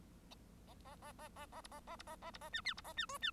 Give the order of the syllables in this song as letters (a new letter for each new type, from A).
A A A A A A B A A B A A B A C D B A C E C